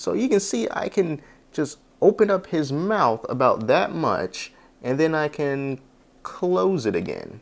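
Someone talks while opening the hinged lower jaw on the head of a plastic Marvel Select Zombie Sabertooth action figure and then closing it again; the jaw shuts with a little click that shows it has gone as far as it goes. Only speech is heard, and nothing has seated or clicked yet when the clip ends.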